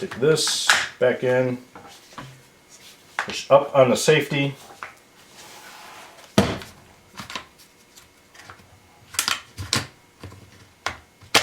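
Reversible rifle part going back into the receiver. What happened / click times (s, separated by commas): Metal part handled and pushed, not yet seated / none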